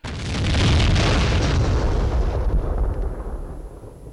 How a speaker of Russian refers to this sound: Близкая вспышка, привет от Унтера, и взрыв пироксилиновой шашки почти одновременно ударили и по ушам, и по глазам, а по спине простучали небольшие комочки земли.